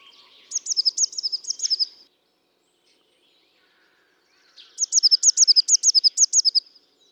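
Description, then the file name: Eurasian blue tit calling: two bursts of rapid, high, thin notes, each series about one and a half to two seconds long, separated by a silent gap. "Cyanistes caeruleus"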